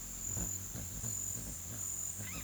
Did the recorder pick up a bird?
no